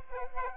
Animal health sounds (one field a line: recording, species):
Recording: mosquito wingbeat signal from an infrared sensor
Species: Aedes aegypti